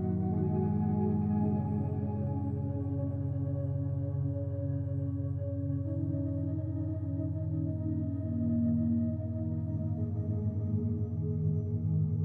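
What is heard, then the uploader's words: Binaural beta beats: a steady, low, droning hum with sustained ringing tones like a singing bowl, holding an even level throughout without breaks. 13–30 Hz - Improve your memory - Binaural Beta Beats.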